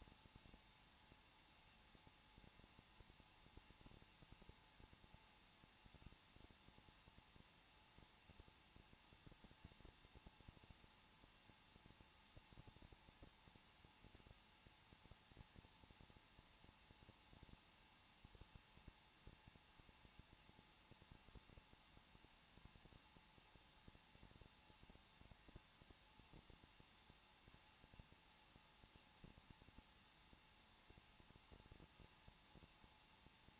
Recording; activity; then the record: daily activity, microphone in the room; no activity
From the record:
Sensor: 1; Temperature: 20.0 degrees Celsius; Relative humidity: 39.4%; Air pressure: 1006.4 hPa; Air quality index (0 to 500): 220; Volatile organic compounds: 83 ppm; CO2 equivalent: 3635 ppm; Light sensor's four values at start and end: 1/2/1/1 and 1/2/1/1